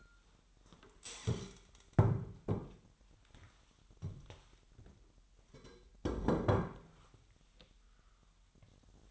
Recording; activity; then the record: daily activity, microphone in the room; stand up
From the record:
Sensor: 3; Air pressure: 998.5 hPa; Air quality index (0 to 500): 131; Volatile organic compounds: 4 ppm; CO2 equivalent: 1572 ppm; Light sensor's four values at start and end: 8/19/8/8 and 13/28/13/14